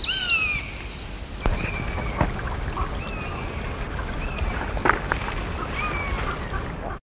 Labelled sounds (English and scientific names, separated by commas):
Common Buzzard (Buteo buteo) call